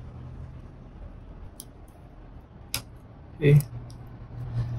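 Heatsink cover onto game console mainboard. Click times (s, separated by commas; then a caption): 2.7 s. A metal heatsink cover is pressed back onto the mainboard of a Gen 1 Nintendo Switch after the thermal paste is replaced. A sharp snap at 2.8 s shows it has seated securely in place. Someone talks, and faint ticks and low hum sit in the background.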